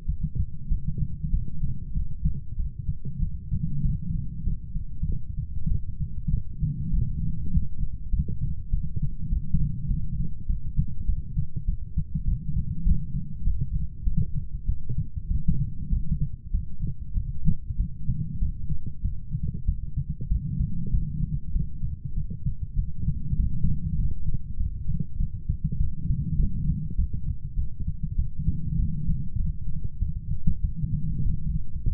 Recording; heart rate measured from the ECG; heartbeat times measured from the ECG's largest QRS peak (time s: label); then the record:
heart sounds by stethoscope; 98 bpm
0.06 s: heartbeat
0.68 s: heartbeat
1.31 s: heartbeat
1.93 s: heartbeat
2.56 s: heartbeat
3.19 s: heartbeat
3.82 s: heartbeat
4.43 s: heartbeat
5.06 s: heartbeat
5.68 s: heartbeat
6.30 s: heartbeat
6.91 s: heartbeat
7.51 s: heartbeat
8.10 s: heartbeat
8.70 s: heartbeat
9.29 s: heartbeat
9.88 s: heartbeat
10.46 s: heartbeat
11.05 s: heartbeat
11.65 s: heartbeat
12.25 s: heartbeat
12.84 s: heartbeat
13.44 s: heartbeat
14.04 s: heartbeat
14.66 s: heartbeat
15.27 s: heartbeat
15.89 s: heartbeat
16.51 s: heartbeat
17.14 s: heartbeat
17.77 s: heartbeat
18.39 s: heartbeat
19.02 s: heartbeat
19.65 s: heartbeat
20.28 s: heartbeat
20.91 s: heartbeat
21.52 s: heartbeat
22.14 s: heartbeat
22.75 s: heartbeat
23.37 s: heartbeat
23.97 s: heartbeat
24.57 s: heartbeat
25.17 s: heartbeat
25.77 s: heartbeat
26.36 s: heartbeat
26.95 s: heartbeat
27.55 s: heartbeat
28.15 s: heartbeat
28.76 s: heartbeat
29.37 s: heartbeat
29.99 s: heartbeat
30.61 s: heartbeat
31.23 s: heartbeat
31.84 s: heartbeat
From the record:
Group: healthy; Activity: light exercise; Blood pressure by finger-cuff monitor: 113/75 mmHg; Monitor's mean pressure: 89 mmHg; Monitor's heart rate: 97 bpm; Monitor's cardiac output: 7.3 L/min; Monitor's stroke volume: 74 mL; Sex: female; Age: 32 years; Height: 172 cm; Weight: 71.7 kg